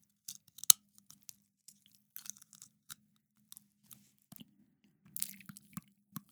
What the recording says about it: Me clicking these clear aligners into place.